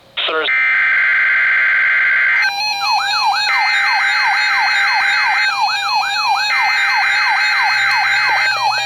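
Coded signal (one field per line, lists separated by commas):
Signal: Emergency Alert System (SAME) tones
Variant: header bursts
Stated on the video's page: Required weekly EAS test from a Milwaukee, Wisconsin station.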